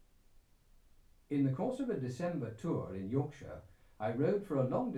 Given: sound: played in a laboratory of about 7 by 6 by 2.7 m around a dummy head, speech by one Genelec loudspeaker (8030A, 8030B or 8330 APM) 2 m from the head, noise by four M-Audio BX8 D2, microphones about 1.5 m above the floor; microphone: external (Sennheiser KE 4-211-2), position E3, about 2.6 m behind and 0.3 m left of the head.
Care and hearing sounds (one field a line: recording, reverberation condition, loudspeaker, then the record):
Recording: male speech in English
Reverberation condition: low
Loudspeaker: 120 degrees to the left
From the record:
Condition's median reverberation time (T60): about 310 ms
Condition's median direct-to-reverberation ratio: about 3.5 dB